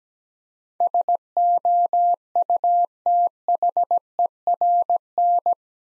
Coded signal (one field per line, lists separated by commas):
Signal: Morse code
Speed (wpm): 17 wpm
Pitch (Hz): 700 Hz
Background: none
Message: SOUTHERN